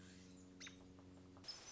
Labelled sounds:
American Robin (Turdus migratorius)

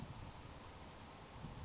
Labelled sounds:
Grasshopper Sparrow (Ammodramus savannarum)

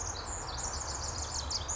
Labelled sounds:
Pacific Wren (Troglodytes pacificus)

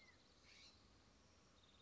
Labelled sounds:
California Scrub-Jay (Aphelocoma californica)

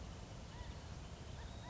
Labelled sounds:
California Quail (Callipepla californica)

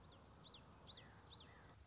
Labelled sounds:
Common Yellowthroat (Geothlypis trichas)

